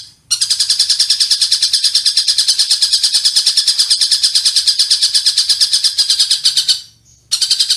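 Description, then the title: Oriental magpie-robin singing a rapid, dense chatter of high buzzy pulsed notes, broken by a short pause near the end. "Kicau Kacer"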